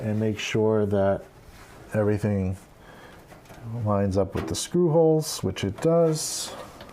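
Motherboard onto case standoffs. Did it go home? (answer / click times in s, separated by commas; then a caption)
no / none. A motherboard is being lined up with the IO shield and screw holes and pressed down onto the case standoffs, which are a little longer than the board so it clips into place. Someone talks throughout, with faint handling noise between phrases. Nothing has seated or clicked yet.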